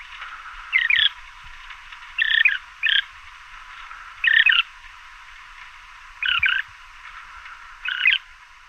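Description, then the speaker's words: Loggerhead shrike uttering short harsh, raspy calls, singly or in pairs, at uneven intervals, with steady background hiss. Recorded in southern Arizona; calls include a scream. "Here's the blood-curdling scream and some other calls of the loggerhead shrike. This individual was recorded in southern Arizona."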